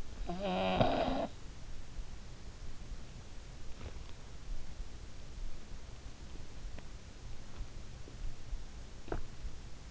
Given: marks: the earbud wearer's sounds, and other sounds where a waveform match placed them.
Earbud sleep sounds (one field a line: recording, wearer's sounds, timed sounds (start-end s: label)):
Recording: sounds in sleep by an in-ear microphone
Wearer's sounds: snoring breath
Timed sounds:
0.00-1.71 s: snoring breath